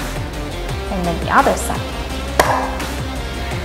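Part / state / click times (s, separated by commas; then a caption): heat spreader buckle onto M.2 SSD module / seated / 2.4 s. An aluminum MOAB M.2 RGB heat spreader cover is pressed down on top of an M.2 SSD, one side at a time, while music plays and someone talks. A sharp click is heard at 2.4 s as the buckle clips on, and the heat spreader is seated on the SSD.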